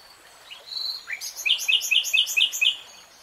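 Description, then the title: Nightingale song beginning with soft rising whistles, then a quick rhythmic series of bright, repeated chirping notes. Three-hour real-time recording. "[Tiếng chim hót] REALTIME Nightingale Singing"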